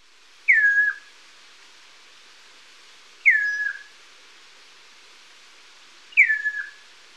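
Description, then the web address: Chestnut-crowned Antpitta repeating a clear downslurred whistle three times, roughly every three seconds, each note falling then flattening, with a quiet background. Recorded in Ecuador. "Birds of Ecuador. Chestnut-crowned Antpitta"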